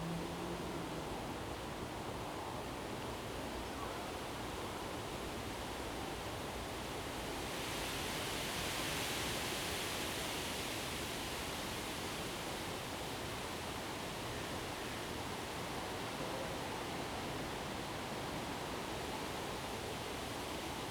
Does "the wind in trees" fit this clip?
yes